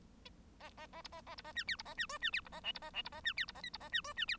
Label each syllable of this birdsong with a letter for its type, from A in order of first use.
A A A B A A B A C D B A C E C D B A F B A F B A C D B A G B A C E C D